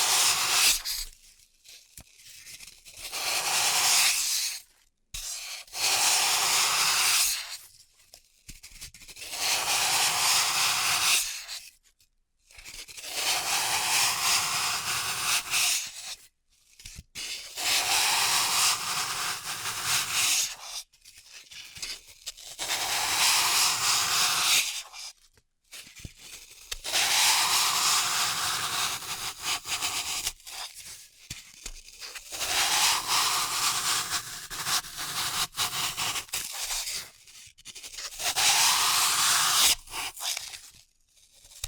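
Floral foam is cut and crushed in a series of bursts, each a few seconds long, separated by short silences. The crumbling, tearing texture is bright and gritty, often rising in pitch through each stroke, and repeats roughly every four to five seconds.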